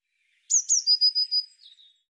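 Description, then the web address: Eurasian blue tit call: two sharp, very high downslurred notes, then a rapid, slightly buzzy trill of several pulses that fades lower at the end. Recorded in 2025. "cianscape birddata Deverinetal Bird Cy Ca"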